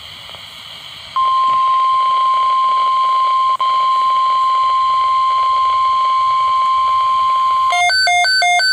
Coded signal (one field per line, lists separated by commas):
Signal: Emergency Alert System (SAME) tones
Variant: 1050 Hz attention tone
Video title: (EAS #70 - #72) FROM A SVA TO TOR's - EAS Alerts from 8/14/20 (Lincoln, NE)